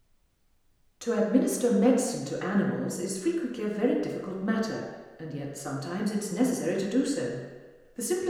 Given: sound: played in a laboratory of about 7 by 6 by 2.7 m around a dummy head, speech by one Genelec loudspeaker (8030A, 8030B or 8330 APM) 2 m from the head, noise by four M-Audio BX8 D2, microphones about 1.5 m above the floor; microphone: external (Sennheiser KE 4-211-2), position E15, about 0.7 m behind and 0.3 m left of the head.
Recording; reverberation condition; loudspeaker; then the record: female speech in English; high; 120 degrees to the left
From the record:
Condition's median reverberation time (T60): about 1300 ms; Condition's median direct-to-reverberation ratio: about -4.0 dB